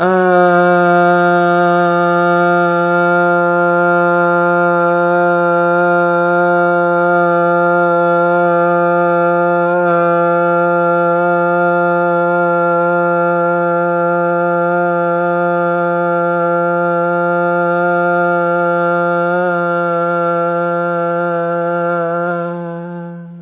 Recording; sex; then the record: sustained vowel /a/; male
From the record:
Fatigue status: no fatigue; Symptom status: asymptomatic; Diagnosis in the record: COVID-19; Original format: 3gp